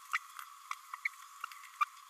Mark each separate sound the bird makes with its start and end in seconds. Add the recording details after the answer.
0.13-0.19, 0.71-0.74, 1.05-1.08, 1.81-1.85. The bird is a female. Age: 27 days. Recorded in a nest box in Venezuela. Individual 17B32A5